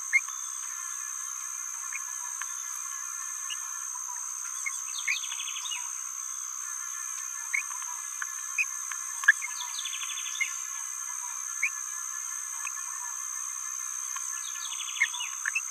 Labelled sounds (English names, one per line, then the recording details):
Green-rumped Parrotlet babbling
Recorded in a nest box in Venezuela
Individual 18B17A4